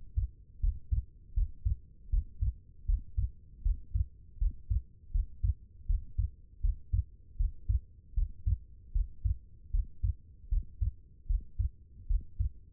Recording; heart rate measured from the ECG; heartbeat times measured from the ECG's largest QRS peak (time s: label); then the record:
heart sounds by stethoscope; 78 bpm
0.60 s: heartbeat
1.34 s: heartbeat
2.10 s: heartbeat
2.85 s: heartbeat
3.62 s: heartbeat
4.38 s: heartbeat
5.11 s: heartbeat
5.86 s: heartbeat
6.61 s: heartbeat
7.36 s: heartbeat
8.14 s: heartbeat
8.92 s: heartbeat
9.71 s: heartbeat
10.49 s: heartbeat
11.26 s: heartbeat
12.07 s: heartbeat
From the record:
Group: healthy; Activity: Valsalva maneuver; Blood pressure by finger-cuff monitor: 86/53 mmHg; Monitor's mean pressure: 65 mmHg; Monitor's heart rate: 79 bpm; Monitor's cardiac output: 7 L/min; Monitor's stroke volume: 89 mL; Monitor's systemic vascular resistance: 660 dyn s/cm5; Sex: female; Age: 22 years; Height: 161 cm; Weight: 65.5 kg